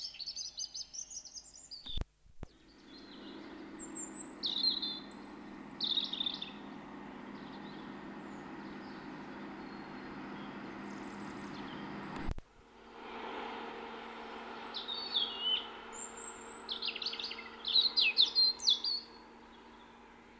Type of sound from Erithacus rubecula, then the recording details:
song. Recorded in the wild. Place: Michelstadt, OT Vielbrunn, Hessen, DE. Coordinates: 49.7139, 9.09778. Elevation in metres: 432. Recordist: Tretzel, Erwin